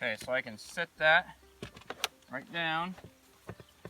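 A faux stone AC siding panel is handled and set down toward the mounting rail on the wall face while someone talks, with a few short knocks and taps around 1.6 to 2.0 seconds and again near 3.5 and 3.9 seconds. Nothing has seated or clicked yet; the clip ends just before the panel snaps into the rail.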